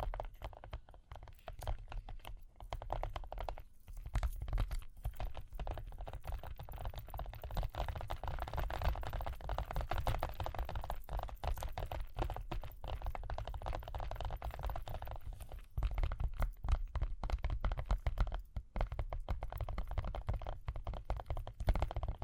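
Rapid, dense tapping and scratching clicks run continuously with a low rumble underneath, growing slightly louder after about sixteen seconds.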